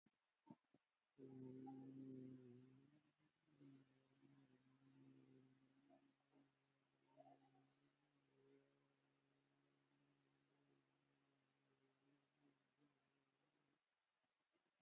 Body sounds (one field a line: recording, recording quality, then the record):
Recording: sustained vowel as in beet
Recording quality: excellent, no background noise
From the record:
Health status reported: COVID-19 positive, moderate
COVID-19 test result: positive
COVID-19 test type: RT-PCR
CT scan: not taken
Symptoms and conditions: cold, breathing difficulty, sore throat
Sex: male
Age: 53 years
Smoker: no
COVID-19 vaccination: one dose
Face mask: worn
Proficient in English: yes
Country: India